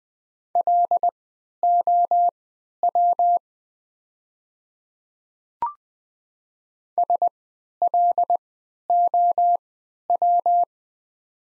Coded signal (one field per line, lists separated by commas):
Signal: Morse code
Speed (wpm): 20 wpm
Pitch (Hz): 700 Hz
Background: none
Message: LOW SLOW